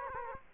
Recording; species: mosquito wingbeat signal from an infrared sensor; Aedes aegypti